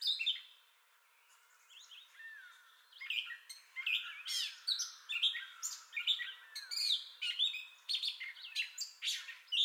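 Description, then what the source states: Gray catbird song: a few notes, a brief quiet gap, then a lively jumble of squeaks, slurred whistles and harsh chatter. Entire song bout, recorded 30 May 2021.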